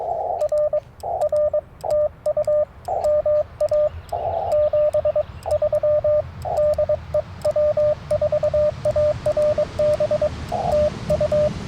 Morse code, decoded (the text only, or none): R R TU MA 73 DE W4ARB TU